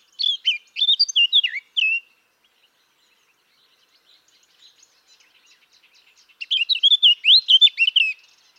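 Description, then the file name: Eurasian blackcap song: a rich, rapid warbled phrase with fluty notes, a pause with faint chirps, then a second phrase. "Sylvia atricapilla"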